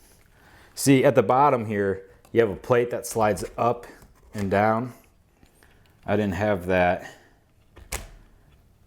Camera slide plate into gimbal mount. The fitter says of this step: locked into place